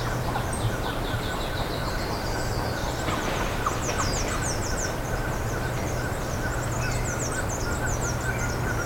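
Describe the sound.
Bird calls: quick series of high, sharp descending chirps coming in clusters, set against continuous low humming and a faint steady tone.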